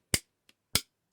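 The nylon spring latch on the original restored glovebox lid of a Ford Escort Mk1 dashboard fascia is worked into its receiver, giving two sharp clicks at 0.1 s and 0.8 s with a faint tick between them. The latch engages and seats with practically the same sound and action as the replacement.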